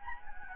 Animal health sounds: mosquito wingbeat signal from an infrared sensor; Anopheles gambiae

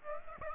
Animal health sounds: mosquito wingbeat signal from an infrared sensor; Aedes aegypti

